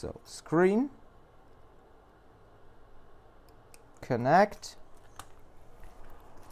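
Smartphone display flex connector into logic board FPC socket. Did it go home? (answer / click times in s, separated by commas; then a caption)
yes / 5.2 s. The iPhone X screen's flex cable connector is pressed onto its board-to-board FPC socket on the logic board. Someone talks around 0.6 s and 4.2 s, and one sharp click is heard at 5.2 s as the connector seats, with the click sounding good.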